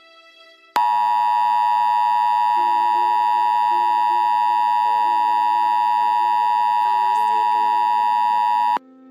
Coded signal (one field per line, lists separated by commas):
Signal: Emergency Alert System (SAME) tones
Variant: 853 and 960 Hz attention tone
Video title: National EAS Test October 4, 2023